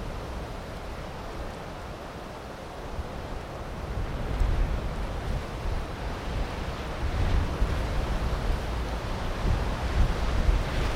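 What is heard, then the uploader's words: Wind moves through pine trees in a steady, dense rush with a deep low rumble underneath. It starts softer and swells after about three seconds, then holds stronger with gusty surges near four and a half, seven and a half, and ten seconds. Vento nos Pinheiros Mansos. Wind sounds on trees in Serra de Montejunto, a classified area in central Portugal. Recorded by Luís Antero.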